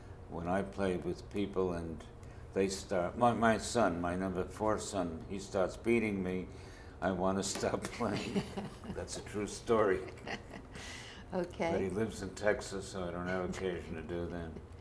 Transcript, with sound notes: when I played with people and they start—well, my son, my number four son, when he starts beating me I want to stop playing. [laughs] That's a true story.
[chuckles] Okay.
He lives in Texas so I don't have occasion to do that.